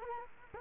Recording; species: mosquito wingbeat signal from an infrared sensor; Culex quinquefasciatus